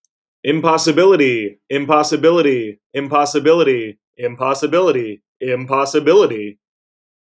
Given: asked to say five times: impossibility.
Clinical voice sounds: repeated word; male; 30 to 39 years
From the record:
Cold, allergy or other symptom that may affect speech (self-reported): no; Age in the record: 31 years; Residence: Minnesota, United States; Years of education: 16

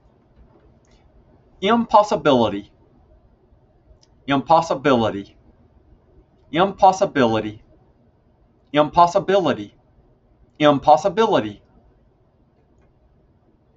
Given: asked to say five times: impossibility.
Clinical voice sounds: repeated word; male; 40 to 49 years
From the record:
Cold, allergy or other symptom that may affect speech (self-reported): no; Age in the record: 41 years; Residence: Alabama, United States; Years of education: 17

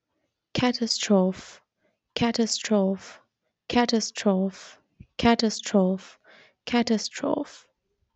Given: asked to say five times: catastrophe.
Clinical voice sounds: repeated word; female; 20 to 29 years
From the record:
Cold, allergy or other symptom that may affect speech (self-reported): no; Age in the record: 26 years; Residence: Pakistan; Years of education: 16

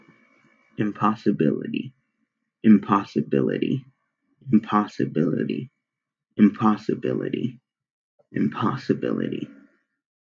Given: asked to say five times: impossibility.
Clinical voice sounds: repeated word; male; 20 to 29 years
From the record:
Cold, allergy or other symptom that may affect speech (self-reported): no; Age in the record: 23 years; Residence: Pennsylvania, United States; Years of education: 16

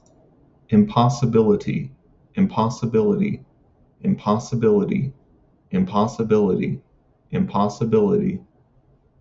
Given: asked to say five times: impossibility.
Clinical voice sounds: repeated word; male; 20 to 29 years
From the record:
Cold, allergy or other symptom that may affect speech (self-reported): no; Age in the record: 27 years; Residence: Nevada, United States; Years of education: 14

